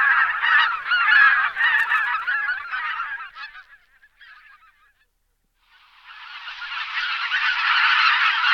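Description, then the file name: Greater white-fronted goose calls, a busy run of overlapping yelping honks that fades out to near silence, then a massed flock chorus swells back in. "Husa belocela Anser albifrons"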